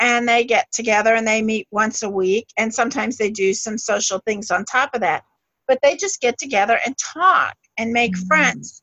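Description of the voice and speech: An adult speaks fluently at a conversational pace with mid-range pitch, clear consonants and natural phrasing, pausing briefly between phrases. A second voice adds a brief "mm-hmm". The speech is ordinary and fluent, with no signs of a speech disorder.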